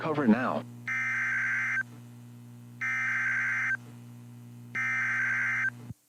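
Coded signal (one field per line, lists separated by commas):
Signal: Emergency Alert System (SAME) tones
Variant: header bursts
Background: speech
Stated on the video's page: Severe thunderstorm warnings from NOAA Weather Radio streams played online on an iPad and Windows laptops, some recorded with the iPad camera.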